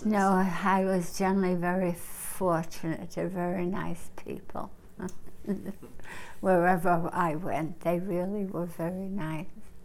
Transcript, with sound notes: No, I was generally very fortunate. They were very nice people. (she laughs) Wherever I went, they really were very nice.